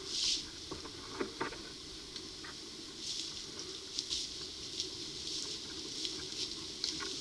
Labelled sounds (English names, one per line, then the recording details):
none
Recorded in pastures near Puerto Asís, Putumayo, Colombia, on 21 February 2024 at 12:30
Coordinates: 0.497, -76.327
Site G7276